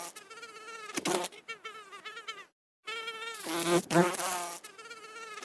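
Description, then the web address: Bee buzz: a wavering drone with rich overtones, rising and dipping slightly in pitch, with one brief silent break midway. "пчела"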